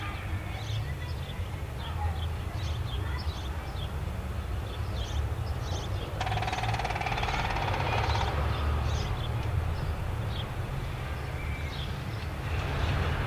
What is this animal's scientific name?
Picus canus